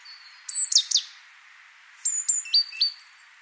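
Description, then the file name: Great tit calls: a group of clipped high notes dropping in pitch, then after a pause a second group of high notes stepping downward. "Parus major"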